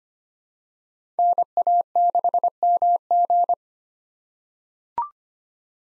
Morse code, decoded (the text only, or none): NA6MG